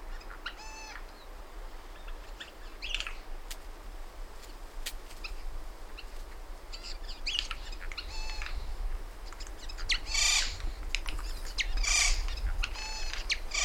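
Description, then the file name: Eurasian jay making nasal, harmonic mewing calls, then two loud harsh screeches near the end, against a hissing background. "Garrulus glandarius"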